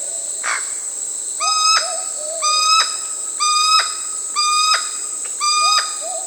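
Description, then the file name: Curl-crested aracari giving five squeaky, harmonic notes, roughly one each second, over a steady high insect whine and soft lower bird notes. Recorded in the Amazon region of Peru. "Curl-crested Aracari (Pteroglossus beauharnaesii), Peru"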